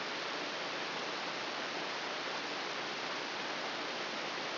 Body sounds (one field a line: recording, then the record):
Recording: brain microelectrode recording played as sound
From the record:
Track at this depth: inside the subthalamic nucleus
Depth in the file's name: 3.308 mm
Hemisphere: left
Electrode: 2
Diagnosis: Parkinson's disease